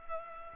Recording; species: mosquito wingbeat signal from an infrared sensor; Culex pipiens